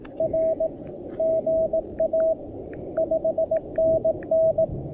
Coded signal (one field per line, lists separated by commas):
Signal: Morse code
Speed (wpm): 20 wpm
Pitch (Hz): 620 Hz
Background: radio noise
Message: R GA 5NN